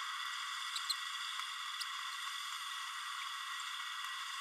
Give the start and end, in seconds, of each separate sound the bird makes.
0.89-0.93